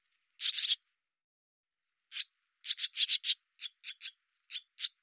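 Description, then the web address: Bird calls: short harsh rasping notes, a quick cluster at first, then after a pause a scattered series of single and paired scratchy notes. "cianscape birddata Deverinetal 2025"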